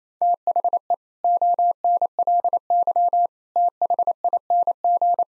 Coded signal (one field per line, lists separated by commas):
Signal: Morse code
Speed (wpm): 28 wpm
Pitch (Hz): 700 Hz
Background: none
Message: THE ONLY THING